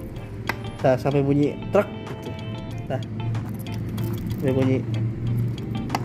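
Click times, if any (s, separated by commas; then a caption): 5.9 s. Someone talks over background music while the rear lamp bulb socket of a Ninja RR Mono/Ninja 250SL motorcycle is put back into the tail light housing and turned to the right until it stops. A sharp click at 6.0 s marks the socket twist-locking into the housing, and it is seated.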